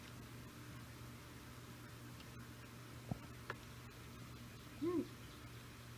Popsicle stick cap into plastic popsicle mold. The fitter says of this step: that on there it'll snap in place